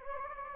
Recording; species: mosquito wingbeat signal from an infrared sensor; Anopheles gambiae